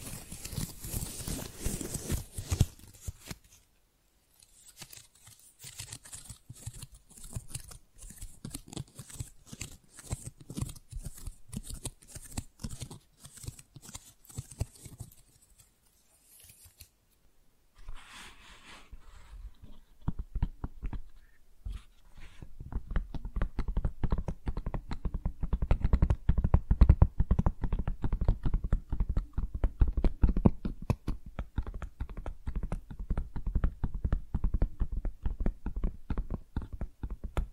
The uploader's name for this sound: Tingly Flower Sounds